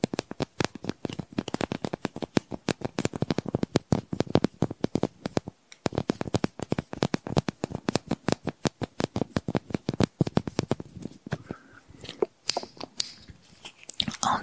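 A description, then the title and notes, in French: Fingers tap and scratch on Christmas decorations in a quick, dense run of crisp clicks that vary in force. There is a brief gap near six seconds. After about eleven seconds the taps thin out into slower, scratchier strokes with a faint ringing touch. ASMR - Tapping et scratching sur mes décorations de Noël. Ce soir, j'ai décroché quelques décorations de mon sapin de Noël pour te faire profiter de leurs sons agréables ! Au programme, du tapping et du scratching plus ou moins intense.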